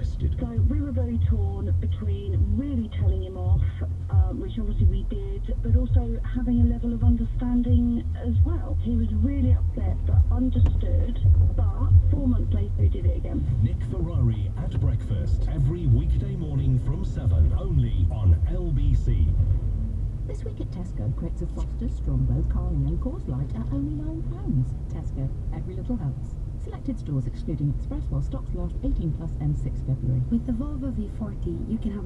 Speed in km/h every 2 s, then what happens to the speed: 10, 0, 0, 0, 0, 0, 6, 13, 19, 21, 24, 27, 27, 24, 27, 31.
0-2 brakes to 0. 2-10 standing. 10-22 pulls away to 27. 22-32 steady at about 27.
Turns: none.